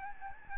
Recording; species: mosquito wingbeat signal from an infrared sensor; Aedes albopictus